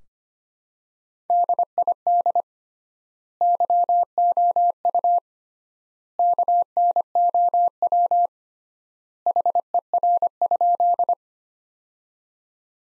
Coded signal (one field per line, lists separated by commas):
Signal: Morse code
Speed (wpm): 25 wpm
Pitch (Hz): 700 Hz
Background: none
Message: DID YOU KNOW HER?